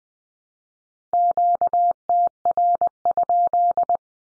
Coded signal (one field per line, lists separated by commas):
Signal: Morse code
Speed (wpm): 20 wpm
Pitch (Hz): 700 Hz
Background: none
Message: QTR?